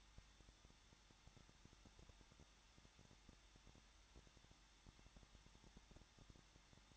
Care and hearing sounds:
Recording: daily activity, microphone in the room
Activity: no activity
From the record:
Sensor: 3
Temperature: 21.2 degrees Celsius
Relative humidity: 36.4%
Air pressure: 1006.4 hPa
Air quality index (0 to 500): 223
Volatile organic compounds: 42 ppm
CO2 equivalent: 3188 ppm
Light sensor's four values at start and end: 2/3/2/2 and 2/3/2/2

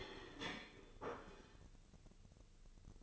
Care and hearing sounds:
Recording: daily activity, microphone in the room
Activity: place plate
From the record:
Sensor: 4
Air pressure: 1008.3 hPa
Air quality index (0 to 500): 83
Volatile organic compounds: 1 ppm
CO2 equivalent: 653 ppm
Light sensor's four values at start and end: 12/28/11/11 and 12/28/11/11

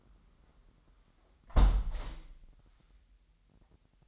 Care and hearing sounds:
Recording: daily activity, microphone in the room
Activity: close window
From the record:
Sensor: 3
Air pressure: 998.5 hPa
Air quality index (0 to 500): 140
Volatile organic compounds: 4 ppm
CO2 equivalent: 1687 ppm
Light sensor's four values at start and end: 9/21/9/9 and 9/21/8/9

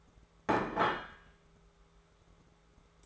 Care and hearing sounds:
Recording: daily activity, microphone in the room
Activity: place plate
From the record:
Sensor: 3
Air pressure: 1015.0 hPa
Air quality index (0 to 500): 207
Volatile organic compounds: 33 ppm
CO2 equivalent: 3028 ppm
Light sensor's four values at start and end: 34/85/36/39 and 34/85/36/39

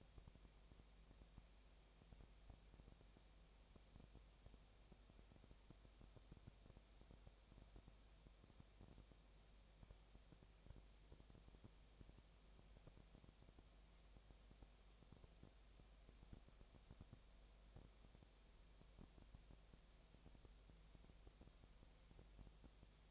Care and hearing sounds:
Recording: daily activity, microphone in the room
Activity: no activity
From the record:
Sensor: 1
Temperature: 19.8 degrees Celsius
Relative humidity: 37.9%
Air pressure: 998.8 hPa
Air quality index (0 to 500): 233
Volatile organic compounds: 133 ppm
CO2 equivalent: 3945 ppm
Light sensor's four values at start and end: 1/2/1/1 and 1/2/1/1

